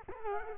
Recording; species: mosquito wingbeat signal from an infrared sensor; Culex quinquefasciatus